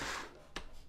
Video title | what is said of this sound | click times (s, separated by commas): 🔴 LEGO Eiffel Tower Icons 10307 Live Build! | still not all clicked into place | 0.6 s